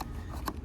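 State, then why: Torque reached. The plastic fuel filler cap of a Kia Rio is screwed clockwise onto the car's filler neck until tight, with a faint ratchet click at 0.5 s confirming it is tight, as the click is needed. Only a low background rumble surrounds it.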